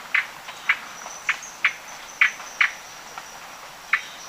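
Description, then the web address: Gray-breasted wood-wren calls, short sharp chip notes given singly at uneven intervals, over a steady hiss of background noise. Lower subtropical zone, Ecuador. "Natures Songs S America Birds of Ecuador Gray-breasted Wood-Wren (lower subtropical)"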